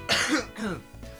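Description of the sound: A single loud, harsh cough burst from an adult man, followed by a softer voiced, throat-clearing sound as it trails off. It is one ordinary deliberate cough, announced beforehand as just one cough, in a quiet indoor setting.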